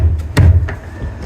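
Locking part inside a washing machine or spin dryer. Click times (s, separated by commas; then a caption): 0.4 s, 0.7 s. A part inside a washing machine or spin dryer is pushed into its lock over a low, steady hum. There is a loud, sharp click at 0.4 s and a second, softer click at 0.7 s, and the part is locked in place.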